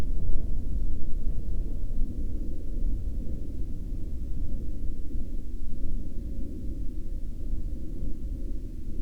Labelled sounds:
aircraft
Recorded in the Prudhoe Bay oil fields, Alaska, on 23 July 2021 at 23:03
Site 14

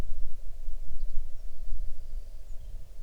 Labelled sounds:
songbird
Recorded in the Arctic National Wildlife Refuge, Alaska, on 6 July 2019 at 00:57
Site 39

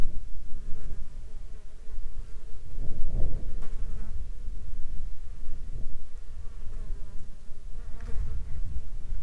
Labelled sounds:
insects
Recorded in the Arctic National Wildlife Refuge, Alaska, on 21 July 2021 at 09:31
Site 33

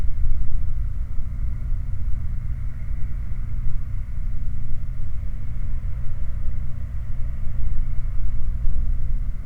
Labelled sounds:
machinery, flare stack
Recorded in the Prudhoe Bay oil fields, Alaska, on 8 July 2019 at 01:01
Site 29

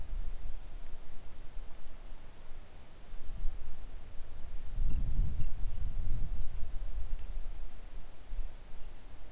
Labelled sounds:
wind
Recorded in the Arctic National Wildlife Refuge, Alaska, on 3 August 2019 at 10:19
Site 41

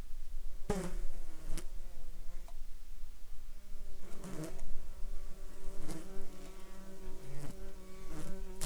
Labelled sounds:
insects
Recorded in Ivvavik National Park, Yukon, on 8 July 2019 at 12:21
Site SINP03

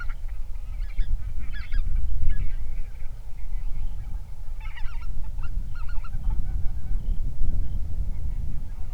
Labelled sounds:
waterfowl, wind
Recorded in the Prudhoe Bay oil fields, Alaska, on 31 July 2019 at 07:58
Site 24

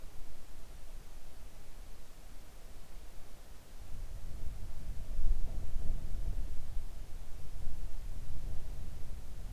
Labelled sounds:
near silence
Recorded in the Arctic National Wildlife Refuge, Alaska, on 3 August 2019 at 05:16
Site 41

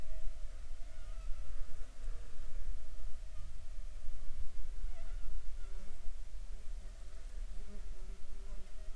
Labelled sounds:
insects
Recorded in the Prudhoe Bay oil fields, Alaska, on 13 July 2019 at 12:29
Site 14

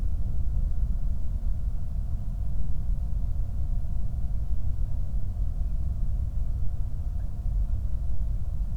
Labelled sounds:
flare stack
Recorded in the Prudhoe Bay oil fields, Alaska, on 8 July 2019 at 00:13
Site 25

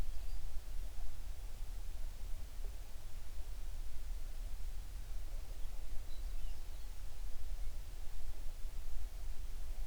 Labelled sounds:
songbird
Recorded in the Prudhoe Bay oil fields, Alaska, on 11 June 2019 at 04:38
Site 21

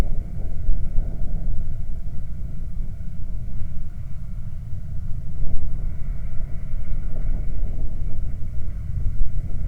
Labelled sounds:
machinery, flare stack, wind
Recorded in the Prudhoe Bay oil fields, Alaska, on 9 August 2019 at 17:12
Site 23

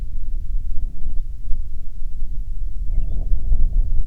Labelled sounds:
bird, wind
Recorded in the Prudhoe Bay oil fields, Alaska, on 10 July 2019 at 13:58
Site 14

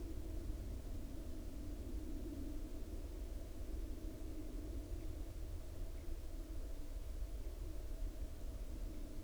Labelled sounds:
aircraft
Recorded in the Arctic National Wildlife Refuge, Alaska, on 22 July 2019 at 02:43
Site 40

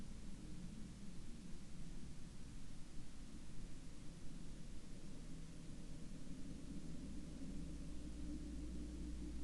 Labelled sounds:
aircraft
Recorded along the Dalton Highway, Alaska, on 6 April 2019 at 01:30
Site 09

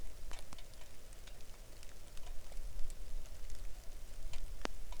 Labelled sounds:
rain
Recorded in the Arctic National Wildlife Refuge, Alaska, on 3 August 2019 at 09:45
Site 41

